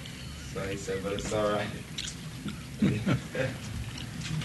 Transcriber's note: Prabhupāda laughs